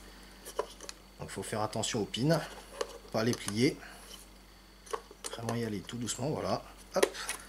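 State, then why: Not seated. Someone talks while a plastic JR-style TBS Crossfire Micro TX external RF transmitter module is pushed slowly onto the pins of a radio transmitter's rear module bay, with a few light handling taps around 0.6, 0.9 and 5.3 seconds. Nothing has seated or clicked into place yet.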